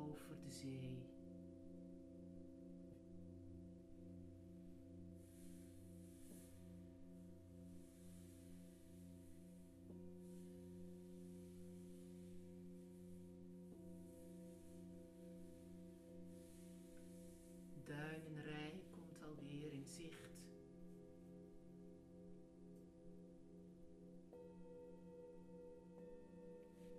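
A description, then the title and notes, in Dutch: Singing bowls and gong ring out in long, overlapping tones that hang steadily for the whole stretch, with a slow pulsing waver in the low hum. A fresh strike lands at the start, and another cluster of strikes around eighteen to twenty seconds briefly brightens and shimmers. Klankschalen en gong.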